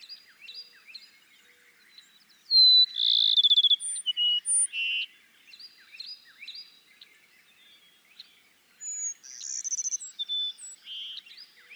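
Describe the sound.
Cassin's sparrow song, a pulsed high trill and whistled notes repeated twice, over soft background chirping from other birds.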